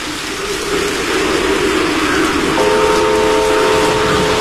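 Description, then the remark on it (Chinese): Heavy rain pours down in a dense, steady roar that never lets up on the day of a railway trial run, and a sustained, horn-like tone joins the downpour about halfway through. “但这是个大雨天，恶劣的天气情况对几乎浸泡在水里的路基提出了更大的挑战。”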